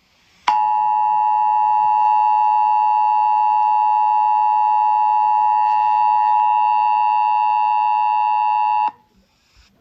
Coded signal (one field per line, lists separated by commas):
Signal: Emergency Alert System (SAME) tones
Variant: 853 and 960 Hz attention tone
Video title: EAS Scenario #1 Attack of The Shih Tzus (50 Subscribers Special)